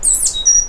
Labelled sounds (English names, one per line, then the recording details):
Stitchbird song
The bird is a male
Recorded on Tiritiri Matangi Island, New Zealand, in 2005
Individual 12, of nest box 16